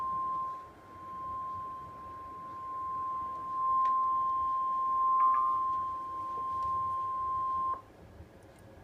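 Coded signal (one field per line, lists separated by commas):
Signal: Emergency Alert System (SAME) tones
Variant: 1050 Hz attention tone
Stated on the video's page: Severe Thunderstorm Warning issued by the NWS Shreveport office.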